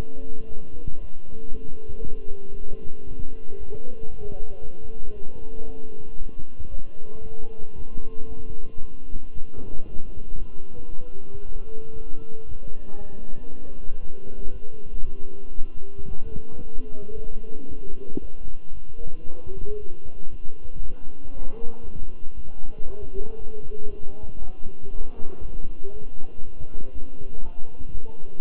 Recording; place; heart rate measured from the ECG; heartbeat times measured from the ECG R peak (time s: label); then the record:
heart sounds by stethoscope; between the tricuspid and mitral areas; 116 bpm
0.48 s: heartbeat
1.00 s: heartbeat
1.52 s: heartbeat
2.03 s: heartbeat
2.55 s: heartbeat
3.07 s: heartbeat
3.59 s: heartbeat
4.10 s: heartbeat
4.61 s: heartbeat
5.13 s: heartbeat
5.66 s: heartbeat
6.17 s: heartbeat
6.70 s: heartbeat
7.23 s: heartbeat
7.76 s: heartbeat
8.28 s: heartbeat
8.81 s: heartbeat
9.34 s: heartbeat
9.86 s: heartbeat
10.38 s: heartbeat
10.90 s: heartbeat
11.42 s: heartbeat
11.94 s: heartbeat
12.45 s: heartbeat
12.97 s: heartbeat
13.49 s: heartbeat
14.01 s: heartbeat
14.52 s: heartbeat
15.04 s: heartbeat
15.56 s: heartbeat
16.09 s: heartbeat
16.61 s: heartbeat
17.14 s: heartbeat
17.67 s: heartbeat
18.21 s: heartbeat
18.73 s: heartbeat
19.25 s: heartbeat
19.78 s: heartbeat
20.30 s: heartbeat
20.81 s: heartbeat
21.33 s: heartbeat
21.84 s: heartbeat
22.35 s: heartbeat
22.86 s: heartbeat
23.37 s: heartbeat
23.89 s: heartbeat
24.40 s: heartbeat
24.91 s: heartbeat
25.41 s: heartbeat
25.92 s: heartbeat
26.43 s: heartbeat
26.93 s: heartbeat
27.43 s: heartbeat
27.93 s: heartbeat
From the record:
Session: walking at 3.7 km/h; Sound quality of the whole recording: good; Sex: male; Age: 23 years